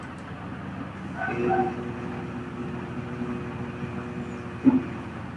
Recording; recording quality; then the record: sustained vowel as in made; excellent, no background noise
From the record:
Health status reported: healthy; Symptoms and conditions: cough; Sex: male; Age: 23 years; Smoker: yes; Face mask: not worn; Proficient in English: yes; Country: India